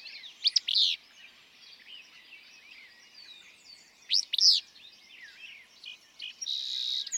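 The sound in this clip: Willow flycatcher giving two sharp, rasping song bursts roughly three seconds apart, with faint high twitters between and a hissing insect-like buzz near the end.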